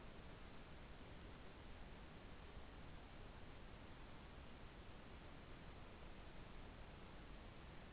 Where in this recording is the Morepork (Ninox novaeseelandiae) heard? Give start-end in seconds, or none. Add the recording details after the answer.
none. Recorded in New Zealand. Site Taranaki